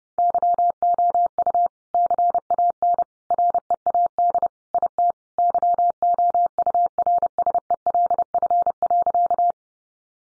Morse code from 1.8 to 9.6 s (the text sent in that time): CAN READ IT YOURSELF.